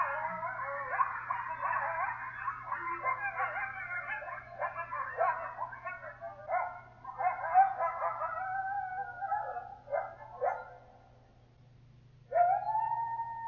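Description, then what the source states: Coyote chorus of frantic yips and warbling howls that fades to a brief hush, then one long, clear howl starts near the end; low hum underneath. Several coyotes.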